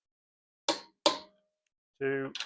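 A torque wrench tightens the next wheel nut on a car wheel hub in a star pattern, giving the same double sharp click as the first nut at 0.7 s and 1.1 s, showing the nut has reached torque. Someone then talks briefly.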